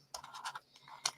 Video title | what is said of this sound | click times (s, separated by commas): Mixed Media play #mixedmedia | and there's a click. | 1.1 s